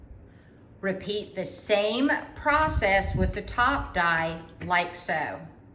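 Someone talks while handling the top blanking die for its aluminum die-cutting system holder. The clip holds only speech and no sharp transient. The die has not seated or snapped into place yet.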